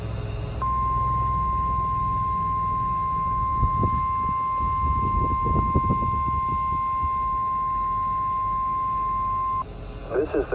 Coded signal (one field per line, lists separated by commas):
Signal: Emergency Alert System (SAME) tones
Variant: 1050 Hz attention tone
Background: speech